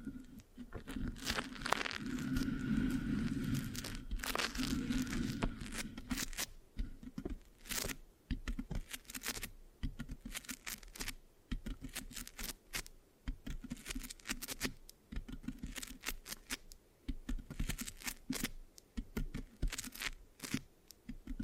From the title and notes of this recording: Mic Scratching, Sticky, Brain Massage Triggers (No Talking).